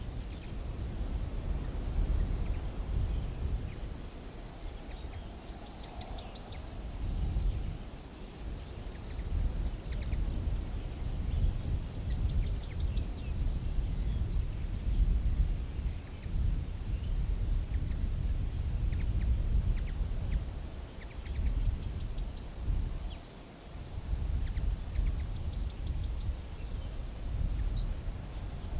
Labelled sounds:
Yellowhammer (Emberiza citrinella) song
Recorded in the wild
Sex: male
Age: adult
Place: Lüdersdorf, Barnim, Brandenburg, DE
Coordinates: 52.9206, 14.0711
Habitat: Straßenallee
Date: 2006-04-15
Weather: bedeckt, 3°C, schwacher bis mäßiger Wind aus West
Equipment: Marantz PMD 671, Sennheiser MKH 70 (-10dB), Popschutz
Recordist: Frommolt, Karl-Heinz

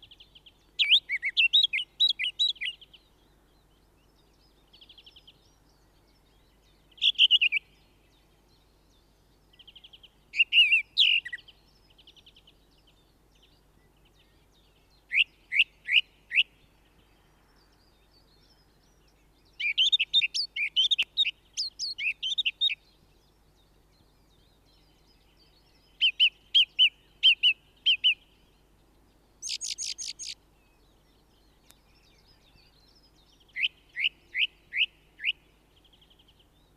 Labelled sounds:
Song Thrush (Turdus philomelos) song
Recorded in the wild
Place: Garmisch-Partenkirchen, Bayern, DE
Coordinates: 47.5164, 11.0811
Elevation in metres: 877
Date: 1971-04-13
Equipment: Nagra IV, Sennheiser MKH 405, Parabolreflektor
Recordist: Tretzel, Erwin

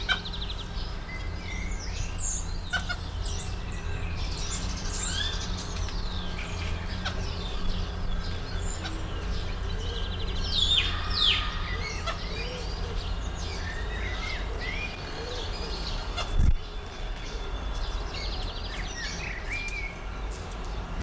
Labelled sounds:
White-headed Capuchin (Cebus capucinus) call
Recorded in captivity
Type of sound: call
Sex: male
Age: adult
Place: Dahme/Mark, Brandenburg, DE
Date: 1995-04-29 17:50
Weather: heiter, 14°C
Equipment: Marantz CP 430, Sennheiser ME 80, Kopie Uher 4000 Report Monitor
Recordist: Tembrock, Günter
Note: Schloßpark und Tiergehege: Männchen beim Fressen - Kurzlaute. Entfernung 8 m

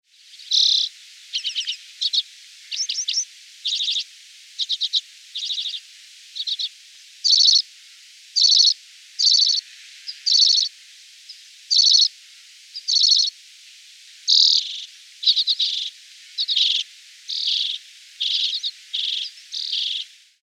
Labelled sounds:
Common Redpoll (Carduelis flammea)
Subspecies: cabaret
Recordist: Frommolt, Karl-Heinz
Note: Alpenbirkenzeisig: Lautfolgen

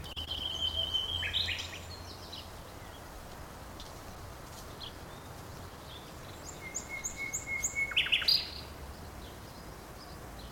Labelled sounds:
Common Nightingale (Luscinia megarhynchos)
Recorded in the wild
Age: adult
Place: Friedhof Niederschönhausen III, Berlin, DE
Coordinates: 52.571, 13.386
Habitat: Stadtfriedhof
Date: 1992-05-03 11:58
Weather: wolkig, 11°C
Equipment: Nagra SN, Mikrofon AKG CK 8, Kopie Tesla B 116
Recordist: Tembrock, Günter
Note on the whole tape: Friedhof III; Gesang, ca. 3 min (sehr gut), dann Schnarren, Laute im Flug, verfolgt ein anderes Exemplar, dann eine Phrase - wechselt auf Grundstück-Garten (Leonard-Frank-Straße)

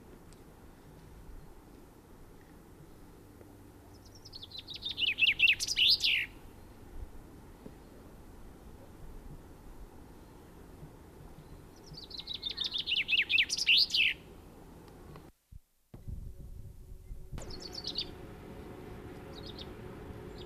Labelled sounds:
Common Chaffinch (Fringilla coelebs)
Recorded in the wild
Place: Ehrwald, Tirol, AT
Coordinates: 47.4261, 10.4911
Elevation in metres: 1213
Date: 1969-04-05
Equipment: Nagra
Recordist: Tretzel, Erwin

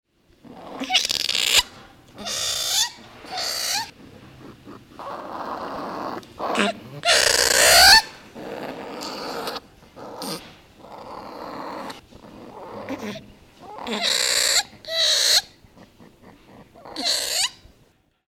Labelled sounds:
Sunda Slow Loris (Nycticebus coucang)
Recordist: Tembrock, Günter
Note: Abwehrlaute

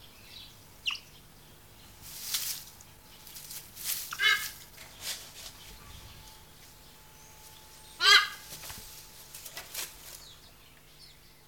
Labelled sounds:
Harpy Eagle (Harpia harpyja) call
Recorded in captivity
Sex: male
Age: adult
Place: Tierpark Berlin, Berlin, DE
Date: 1983-09-10
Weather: sonnig - bedeckt, 14-18°C, wechselnder Wind
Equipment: Nagra SN, Kopie Uher 4000 Report Monitor
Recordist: Tembrock, Günter

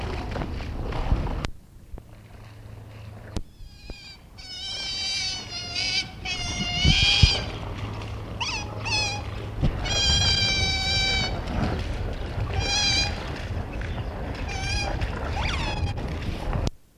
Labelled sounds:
European Otter (Lutra lutra) call
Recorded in captivity
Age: juvenile
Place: Tierpark Berlin, Berlin, DE
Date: 1965-01-02 12:00
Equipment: Telefunken Magnetophon 300, Sennheiser MD 421, Transistorverstärker
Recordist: Tembrock, Günter

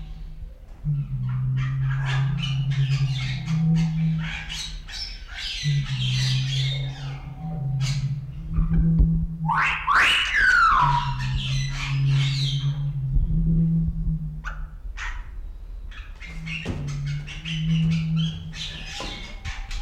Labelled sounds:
Bali Myna (Leucopsar rothschildi)
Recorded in captivity
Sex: male
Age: adult
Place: Zoo Berlin, Berlin, DE
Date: 1994-03-12 11:40
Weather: leichter Regen, 7°C
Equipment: Marantz CP 430, Sennheiser ME 80, Kopie Uher Variocord 263
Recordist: Tembrock, Günter

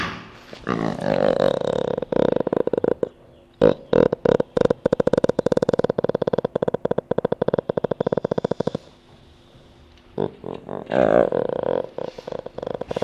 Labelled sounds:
Jaguar (Panthera onca)
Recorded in captivity
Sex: diverse
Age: diverse
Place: Zoo Rostock, Mecklenburg-Vorpommern, DE
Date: 1966-05-24 15:00
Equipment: Uher 4200 Report Monitor, Sennheiser MD 421, Transistorverstärker 2
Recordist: Tembrock, Günter

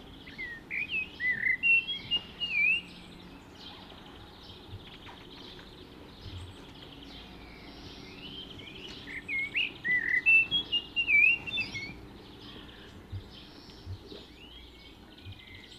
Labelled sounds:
Common Blackbird (Turdus merula) song
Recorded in the wild
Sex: male
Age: adult
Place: Garmisch-Partenkirchen, Bayern, DE
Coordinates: 47.4922, 11.0728
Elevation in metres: 709
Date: 1973-04-25
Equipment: Nagra IV, Sennheiser MKH 405, Parabolreflektor
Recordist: Tretzel, Erwin
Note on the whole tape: Maximilianstraße, Garmisch-Partenkirchen: Gesang

